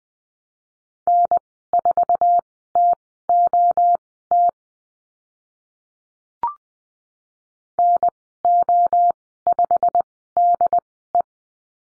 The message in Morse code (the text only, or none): N4TOT NO5DE